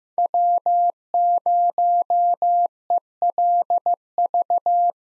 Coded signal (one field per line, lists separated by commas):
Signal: Morse code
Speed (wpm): 15 wpm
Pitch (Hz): 700 Hz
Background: none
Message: W0ELV